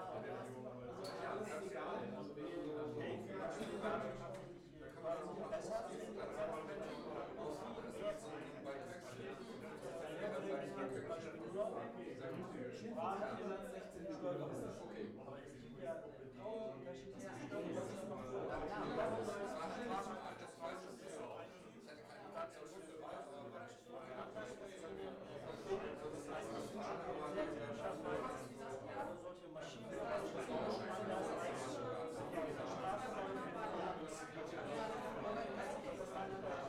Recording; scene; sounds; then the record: everyday scene through a hearing-aid microphone; many people talking; many voices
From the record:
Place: bistro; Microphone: behind the ear, left, front